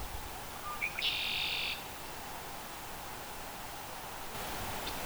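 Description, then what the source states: Red-winged blackbird song: a couple of short introductory notes, then one harsh, buzzy trill of under a second over steady background hiss. Recorded at Bullough's Pond in Newton, Massachusetts, USA; song rendered as conk-la-ree.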